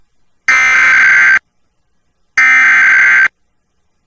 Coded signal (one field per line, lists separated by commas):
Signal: Emergency Alert System (SAME) tones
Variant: header bursts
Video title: SVR DOUBLEHEADER EAS COMPILATION MARCH 15-17 2024 LAREDO, TX (EAS #108-113)